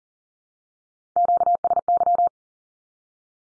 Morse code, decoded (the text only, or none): QSY